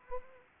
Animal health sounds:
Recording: mosquito wingbeat signal from an infrared sensor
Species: Anopheles arabiensis

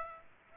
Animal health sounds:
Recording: mosquito wingbeat signal from an infrared sensor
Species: Aedes aegypti

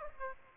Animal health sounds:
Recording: mosquito wingbeat signal from an infrared sensor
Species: Aedes aegypti

